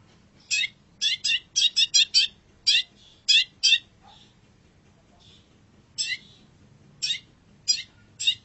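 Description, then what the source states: Long-tailed shrike singing a quick run of rasping, scratchy notes, then a pause, followed by a few well-spaced harsh notes. Indonesian name cendet; labelled masteran, a tutor track for training birds.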